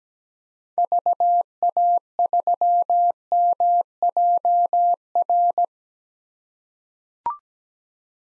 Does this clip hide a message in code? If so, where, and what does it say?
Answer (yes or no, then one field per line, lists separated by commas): yes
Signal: Morse code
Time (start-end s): 0.8-5.6 s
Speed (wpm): 17 wpm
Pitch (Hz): 700 Hz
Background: none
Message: VA3MJR